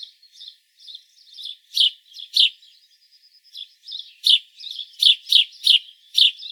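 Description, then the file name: House sparrow chirping busily, loud chirps mixed with continuous softer twittering, quickening into a rapid run of chirps toward the end. "Passer domesticus"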